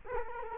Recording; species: mosquito wingbeat signal from an infrared sensor; Culex quinquefasciatus